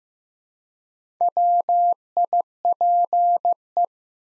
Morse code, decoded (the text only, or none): WIPE